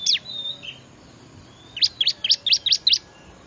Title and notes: Suara Pikat Burcil Ribut Paling Ampuh Ngabisin Burung Liar Ini. ciblek